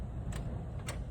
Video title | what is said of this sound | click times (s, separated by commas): Practical Lab 4 Video Presentation George & Clyde | I don't know if you heard that but there was a click so now that's been properly secure | 0.9 s